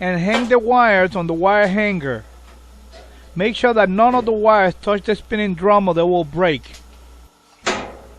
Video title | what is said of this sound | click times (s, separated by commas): Performa Dryer Not Tumbling - See how to fix it | Lower the top panel and make sure that it snaps in place. | 7.7 s